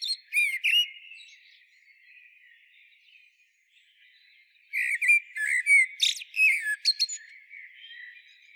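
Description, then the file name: Eurasian blackbird singing: a short warbled phrase at the start, then a longer run of fluted whistles ending in high, scratchy twitters. "Turdus merula"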